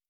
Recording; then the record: hydrophone in a shrimp aquaculture tank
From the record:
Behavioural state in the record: starved